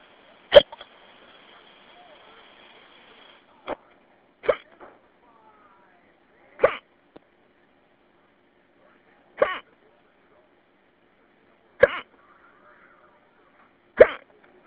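Seven short, sharp throaty gulps from an adult at irregular intervals over fifteen seconds, typical of repeated hiccups.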